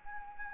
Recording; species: mosquito wingbeat signal from an infrared sensor; Anopheles arabiensis